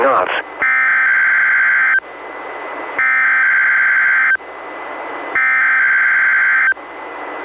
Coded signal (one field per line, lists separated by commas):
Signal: Emergency Alert System (SAME) tones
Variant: header bursts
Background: speech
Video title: EAS #712: NWR Required Weekly Test- Nov. 2, 2022- 11:21AM PDT